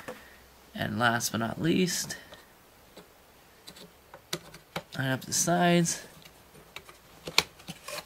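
Someone talks while lining up the sides of the last of three RAM modules and pushing it into the memory slot of a Mac Pro desktop computer, with small ticks and taps as it is handled. A sharp, loud click at 7.4 s marks the module seating in the slot.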